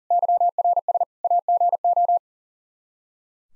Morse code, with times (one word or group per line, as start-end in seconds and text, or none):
0.1-1.0 YRS
1.2-2.2 AGO